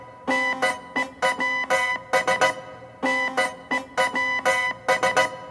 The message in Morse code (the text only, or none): NEWS NEWS